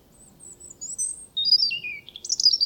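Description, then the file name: European robin singing a rapid run of thin, very high whistles that step downward, ending in a bright, buzzy trill. "Erithacus rubecula"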